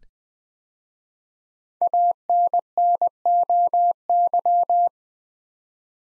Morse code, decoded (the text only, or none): ANNOY